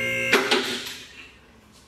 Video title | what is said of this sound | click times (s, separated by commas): AL-SC10 2-Post Lift Complete Install | hear the locks click it is that i'm going up | 0.3 s